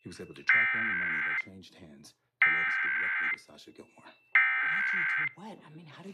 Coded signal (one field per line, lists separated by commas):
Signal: Emergency Alert System (SAME) tones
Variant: header bursts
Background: speech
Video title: National EAS Test [WSBTV Atlanta] [VIDEO]